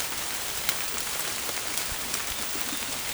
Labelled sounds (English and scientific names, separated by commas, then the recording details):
none
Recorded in dense forest near Puerto Asís, Putumayo, Colombia, on 27 June 2025 at 06:00
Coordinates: 0.503, -76.323
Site G059